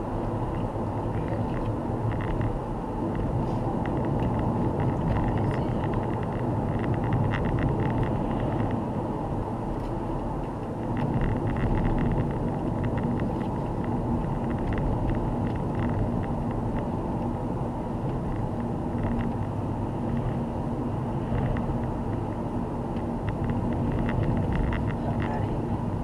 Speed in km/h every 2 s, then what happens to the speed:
72, 72, 72, 70, 68, 66, 64, 63, 60, 59, 60, 60, 59.
0-5 steady at about 72. 5-17 slows to 59. 17-26 steady at about 59.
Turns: none.